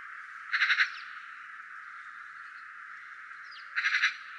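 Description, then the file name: Eurasian magpie chattering, two short harsh rattles of four grating notes each, separated by roughly three seconds of hiss, with a faint thin note just before the second. "Pica pica"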